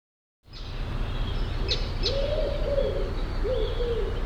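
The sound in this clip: Bird calls: after a brief silence, two long, low cooing notes, with brief sharp high sounds and a steady low hum.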